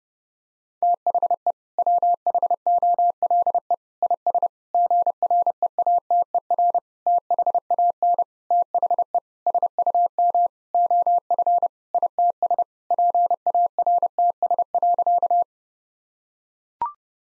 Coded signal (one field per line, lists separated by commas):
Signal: Morse code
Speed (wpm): 30 wpm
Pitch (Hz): 700 Hz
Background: none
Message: THE WHOLE IS GREATER THAN THE SUM OF ITS PARTS.